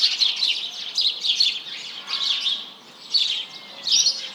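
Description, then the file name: House Sparrow flock chirping in thick clustered bursts that swell and fade, with brief quieter gaps between. Large flock calling in the morning at 07:30 on 1 March 2007. "Réveil des oiseaux"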